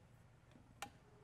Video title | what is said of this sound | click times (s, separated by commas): How to Use the Solid Loc Screen Stretching System for Screen Printing | first bar in all the way so it's clipped in to the outside and locked into place then | 0.8 s